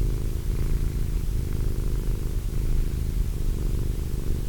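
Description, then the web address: Cat purring steadily, a deep buzzing rumble with gentle rhythmic swells. Cat named Wilson. "~pelikas CATSOUNDS Wilson Cat"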